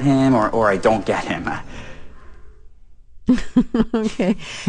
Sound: laughter